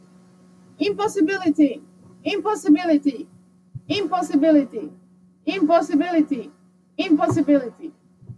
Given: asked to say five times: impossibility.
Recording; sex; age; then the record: repeated word; female; 40 to 49 years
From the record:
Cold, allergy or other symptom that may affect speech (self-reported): no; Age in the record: 47 years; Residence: Florida, United States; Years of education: 15